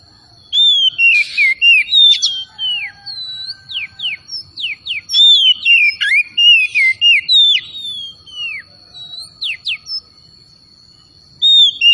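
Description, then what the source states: Oriental magpie-robin singing loud, repeated downslurred whistles in quick bursts with a steady high thin tone running behind, and pauses between phrases. Kacer, singing vigorously (gacor); Tretes named with the bird.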